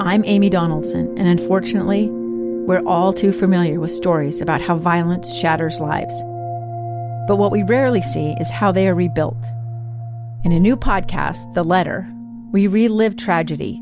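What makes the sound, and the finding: Adult woman narrator. Typical speech.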